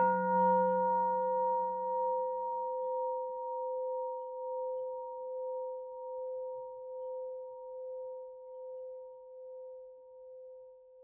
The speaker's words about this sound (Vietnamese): Nghe tiếng chuông thứ tư bằng tất cả tấm lòng chân thành cung kính tôn trọng đối với vô thượng thánh giới.